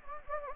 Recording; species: mosquito wingbeat signal from an infrared sensor; Anopheles gambiae